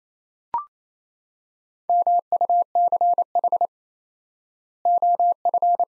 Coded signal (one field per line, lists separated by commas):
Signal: Morse code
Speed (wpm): 28 wpm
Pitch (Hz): 700 Hz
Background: none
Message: MUCH OF